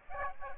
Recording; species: mosquito wingbeat signal from an infrared sensor; Aedes aegypti